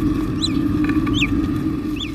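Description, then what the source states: Naked mole-rat soft chirps: three brief arched chirps, each rising then dropping, spaced under a second apart, over a steady low hum. Soft chirps from a laboratory colony of naked mole-rats; each colony's soft chirp sounds slightly different, and the animals can tell colonies apart by it.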